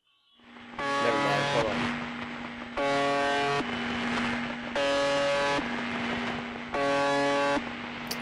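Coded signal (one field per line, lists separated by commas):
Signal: numbers station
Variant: UVB-76 (The Buzzer)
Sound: four harsh, raspy buzzes under a second long, about two seconds apart, over a low hum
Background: radio static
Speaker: this is uvb-76 I don't believe it's going anymore this is a sound clip it's not a video so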